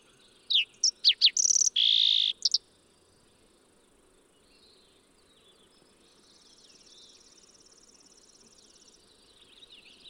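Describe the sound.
Fox sparrow giving one quick song of whistled slurs and a loud buzzy note, followed by steady background hiss and faint twittering.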